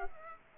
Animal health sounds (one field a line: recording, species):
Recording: mosquito wingbeat signal from an infrared sensor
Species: Aedes aegypti